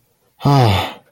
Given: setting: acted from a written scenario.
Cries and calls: vocal sound without words; relief

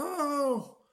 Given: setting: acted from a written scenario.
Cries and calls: vocal sound without words; distress

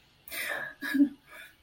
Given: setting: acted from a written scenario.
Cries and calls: vocal sound without words; sadness

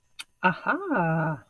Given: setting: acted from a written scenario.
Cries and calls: vocal sound without words; realization

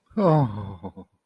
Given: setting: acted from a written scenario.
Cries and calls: vocal sound without words; sadness

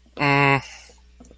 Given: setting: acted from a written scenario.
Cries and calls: vocal sound without words; neutral

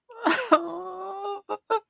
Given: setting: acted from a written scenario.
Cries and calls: vocal sound without words; sadness

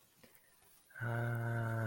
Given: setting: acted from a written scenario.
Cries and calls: vocal sound without words; adoration

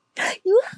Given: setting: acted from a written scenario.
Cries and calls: vocal sound without words; triumph

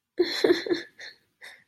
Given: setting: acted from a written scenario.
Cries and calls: vocal sound without words; guilt

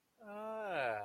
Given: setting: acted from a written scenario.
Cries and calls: vocal sound without words; adoration

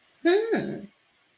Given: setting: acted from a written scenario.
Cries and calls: vocal sound without words; interest

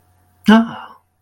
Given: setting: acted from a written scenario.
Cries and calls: vocal sound without words; negative surprise

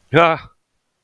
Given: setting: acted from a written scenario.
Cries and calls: vocal sound without words; amusement

